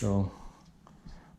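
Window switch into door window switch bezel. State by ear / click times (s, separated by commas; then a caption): seated / 0.9 s. Someone talks as a window switch is pushed into a new carbon fiber window switch bezel on a Mustang S550 car door panel. A short, faint click sounds at 0.9 s as the switch seats in the bezel, and the fit is done.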